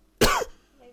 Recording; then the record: coughing mixed with background sound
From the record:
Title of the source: Coughing 51